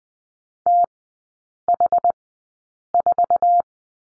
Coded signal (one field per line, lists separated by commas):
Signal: Morse code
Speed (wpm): 20 wpm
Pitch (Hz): 700 Hz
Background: none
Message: TH4